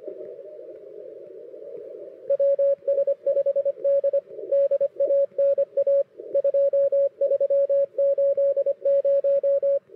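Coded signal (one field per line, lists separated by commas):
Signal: Morse code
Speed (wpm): 24 wpm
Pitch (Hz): 560 Hz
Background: radio noise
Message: WS5D DANA 2380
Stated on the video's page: Contest operating in the CWT, run remotely on a K3 radio.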